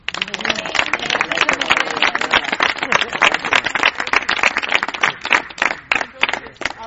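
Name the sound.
audience applause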